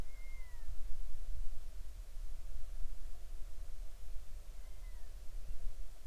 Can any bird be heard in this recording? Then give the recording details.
yes. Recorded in the Arctic National Wildlife Refuge, Alaska, on 20 July 2019 at 02:57. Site 38